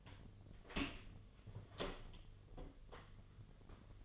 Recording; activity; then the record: daily activity, microphone in the room; open door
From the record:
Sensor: 4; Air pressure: 1007.9 hPa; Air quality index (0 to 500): 188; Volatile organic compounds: 6 ppm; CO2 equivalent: 1884 ppm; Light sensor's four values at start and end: 23/74/28/27 and 23/72/27/26